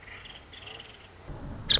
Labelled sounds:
Nuttall's Woodpecker
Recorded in Sonoma County, California

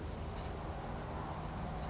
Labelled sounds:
California Towhee
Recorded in Sonoma County, California

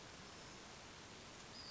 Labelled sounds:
Western Flycatcher
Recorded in Sonoma County, California

